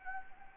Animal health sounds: mosquito wingbeat signal from an infrared sensor; Anopheles arabiensis

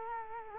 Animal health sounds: mosquito wingbeat signal from an infrared sensor; Culex quinquefasciatus

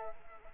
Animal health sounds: mosquito wingbeat signal from an infrared sensor; Culex quinquefasciatus

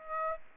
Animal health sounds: mosquito wingbeat signal from an infrared sensor; Aedes aegypti

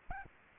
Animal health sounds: mosquito wingbeat signal from an infrared sensor; Aedes albopictus

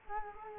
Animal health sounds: mosquito wingbeat signal from an infrared sensor; Culex quinquefasciatus

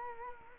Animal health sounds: mosquito wingbeat signal from an infrared sensor; Culex quinquefasciatus

